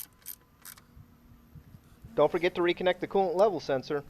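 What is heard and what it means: On a Porsche Cayenne, the electrical plug of the coolant level sensor is being reconnected to the sensor on a new plastic coolant expansion tank. A few short, sharp handling ticks come at about 0.3 s and 0.7–0.8 s, then someone talks from about 2.2 s to the end. The connector has not clicked in or seated yet.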